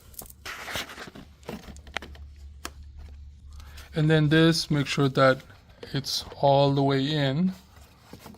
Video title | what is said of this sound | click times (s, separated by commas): How to replace the engine Air Filter on a 16 Lexus RX350 and it might help you with Toyota or Lexus. | this goes in here until it clicks | 2.0 s